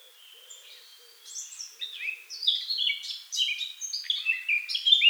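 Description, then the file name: Eurasian blackcap song: a faint chatter opens, then a lively, varied warble gains strength into clear, loud whistles. "Sylvia atricapilla"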